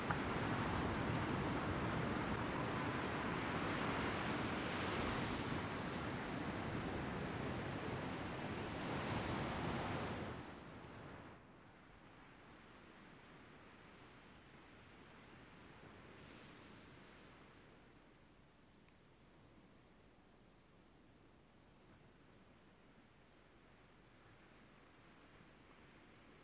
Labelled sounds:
Arctic Fox
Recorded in the wild
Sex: male
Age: adult
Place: Insel Mednyi, Kommandeur-Inseln, RU
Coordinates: 54.5167, 168.083
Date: 1999-07-26 17:42
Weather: heiter, 16°C
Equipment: Sony WM-D6C, Sennheiser MKH 70, Windkorb, Kopie Tascam DA 30
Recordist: Frommolt, Karl-Heinz

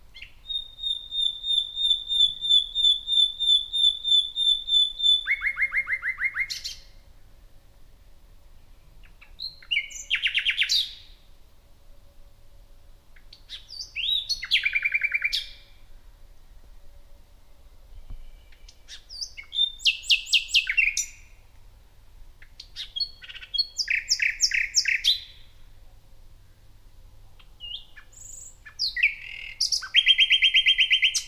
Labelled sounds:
Common Nightingale song
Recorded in the wild
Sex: male
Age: adult
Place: Parsteinwerder, Parsteiner See, Brandenburg, DE
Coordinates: 52.9575, 13.9719
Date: 2007-05-09 23:50
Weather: fair, 10°C, weak westerly winds
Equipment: Sound Devices 702, Sennheiser MKH 416-T, Windkorb
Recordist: Frommolt, Karl-Heinz

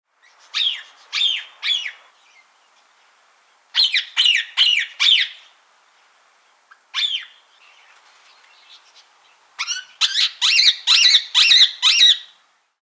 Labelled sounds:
Rose-ringed Parakeet
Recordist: Tembrock, Günter
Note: Rufreihen

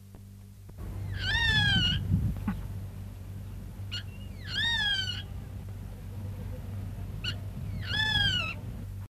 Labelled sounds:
White-eyed Buzzard call
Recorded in captivity
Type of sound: call
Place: Tierpark Berlin, Berlin, DE
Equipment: Halbspur, 9,5 cm/s
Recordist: Lütgens, Hans
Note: Rufe

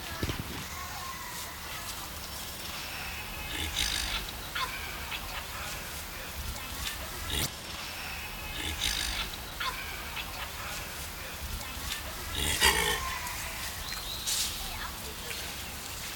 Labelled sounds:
Mandrill call
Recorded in captivity
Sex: diverse
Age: diverse
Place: Zoo Augsburg, Bayern, DE
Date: 1993-09-04
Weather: 14 °C, bedeckt, z.T. Regen
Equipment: Marantz CP 430, Sennheiser MKH 416 T, Kopie Uher Variocord 263
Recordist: Tembrock, Günter

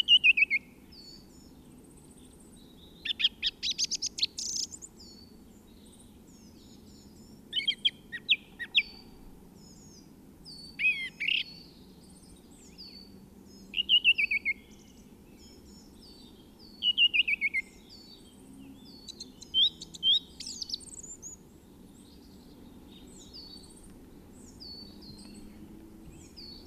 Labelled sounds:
Song Thrush song
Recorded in the wild
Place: DE
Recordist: Tretzel, Erwin

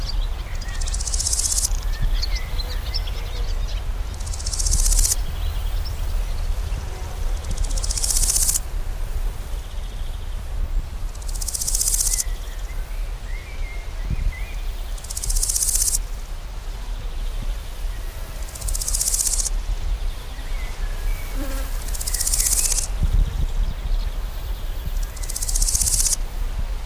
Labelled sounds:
Large Gold Grasshopper stridulation
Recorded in the wild
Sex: male
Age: imago
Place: Mühlenbecker Teiche, Tegeler Fließ, Berlin, DE
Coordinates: 52.6458, 13.3956
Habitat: pond
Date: 1992-06-21 12:15
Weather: sunny, 19-26 °C, strengthening winds
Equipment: Marantz CP 430, Sennheiser ME 80, Kopie Tesla B 116
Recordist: Tembrock, Günter

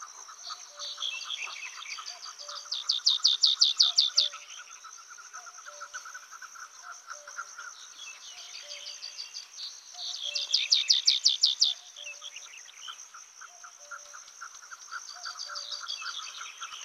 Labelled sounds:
White-capped Bunting song
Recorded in the wild
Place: Altyn Emel Nationalpark, KZ
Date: 2000-05-19
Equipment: MiniDisc Sharp MT 20 H
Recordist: Schwarz, Dieter

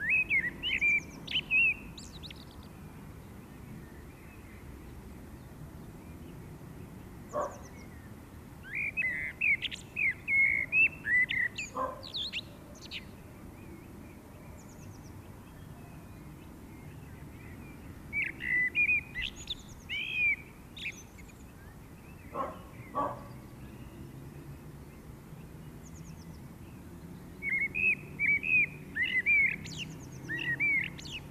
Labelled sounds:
Common Blackbird song
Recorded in the wild
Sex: male
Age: adult
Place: Garmisch-Partenkirchen, Bayern, DE
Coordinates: 47.4939, 11.0761
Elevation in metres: 710
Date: 1968-04-21
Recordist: Tretzel, Erwin

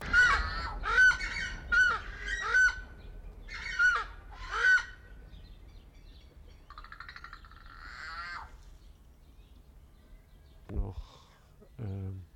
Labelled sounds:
Southern Screamer call
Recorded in captivity
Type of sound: call, call sequence
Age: adult
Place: Zoo Berlin, Berlin, DE
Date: 1994-05-28 11:50
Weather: bedeckt, 12-15°C
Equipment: Marantz CP 430, Sennheiser ME 80, Kopie Uher Variocord 263
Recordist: Tembrock, Günter
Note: Rufreihe, daneben Papua-Atzel

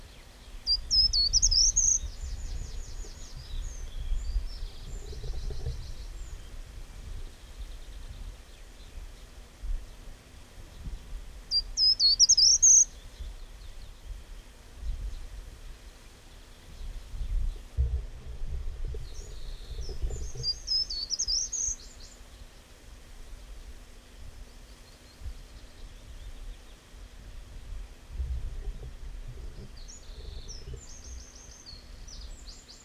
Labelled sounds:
Short-toed Treecreeper song
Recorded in the wild
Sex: male
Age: adult
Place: Schloß Holte-Stukenbrock, Senne, Nordrhein-Westfalen, DE
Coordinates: 51.8694, 8.66361
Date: 1967-05-04
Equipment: Uher 4000 Report-S, Bändchenmikro Beyer M 260, Parabolspiegel Polyester (470 mm)
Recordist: Conrads, Klaus

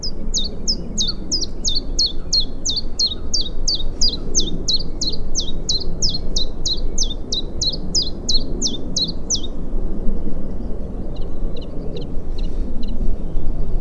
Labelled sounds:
Great Tit
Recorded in the wild
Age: adult
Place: Karower Teiche, Naturpark Barnim, Berlin, DE
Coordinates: 52.6222, 13.4597
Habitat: pond
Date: 1993-04-14 10:45
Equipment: Aiwa HD-S1, Sennheiser ME 88
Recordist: Frommolt, Karl-Heinz

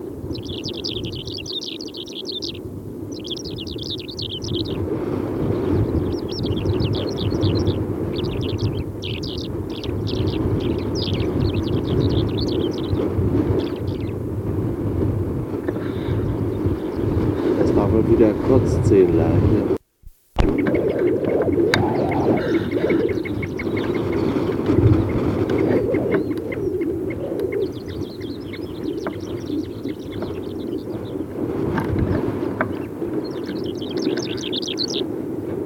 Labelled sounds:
Greater Short-toed Lark song
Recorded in the wild
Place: Wüste Gobi, MN
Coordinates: 42.795, 105.032
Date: 1979-06-04
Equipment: Nagra III BH, Sennheiser MD 21, parabola
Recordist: Schubert, Michael
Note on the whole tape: Gesang Kurzzehenlerche relativ dicht (viel Wind)

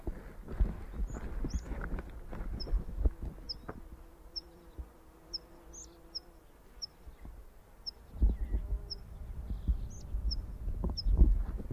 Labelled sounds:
Common Redpoll flight call
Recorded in the wild
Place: Brand, Alpen, Vorarlberg, AT
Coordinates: 47.0764, 9.68917
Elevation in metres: 1996
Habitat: treeless Alps
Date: 2010-07-20 11:06
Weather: fair, 20°C, weak winds
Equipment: Sound Devices 702, Sennheiser MKH 70, Rycote Windschutz
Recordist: Frommolt, Karl-Heinz

